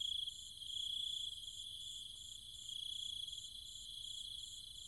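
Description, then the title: Cicada night chorus with a steady shrill hum and rapid pulsing above, the buzzing drone waxing and waning over a few seconds. Cicadas and other insects calling at night in trees and fields, Chiang Mai, Thailand. "Cicada countryside, Thailand"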